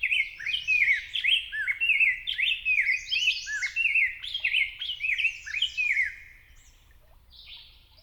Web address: Know Your Bird Sounds Common Western Species. Rose-breasted Grosbeak